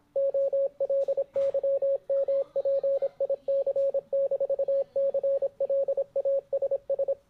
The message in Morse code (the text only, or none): OLYMPIC-CLASS